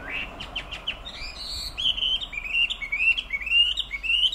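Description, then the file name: Chinese hwamei song, a few quick chips followed by clear, sliding whistled phrases repeated steadily, with background hiss. "Garrulax canorus"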